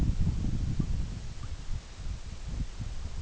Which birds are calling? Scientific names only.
none